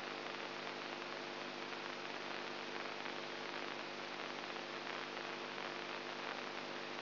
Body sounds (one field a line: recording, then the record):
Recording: brain microelectrode recording played as sound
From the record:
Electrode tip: inside the subthalamic nucleus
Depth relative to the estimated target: -1 mm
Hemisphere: right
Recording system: AlphaMap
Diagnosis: Parkinson's disease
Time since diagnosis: 20 years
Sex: female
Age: 64 years